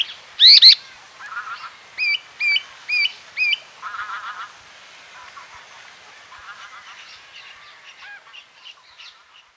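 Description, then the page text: Common woodshrike calls: a series of short, clear, up-slurred whistled notes repeated about every half second, after two sharp high notes, with softer chattering bird calls afterward. "Common Woodshrike Calls. Quick Sounds"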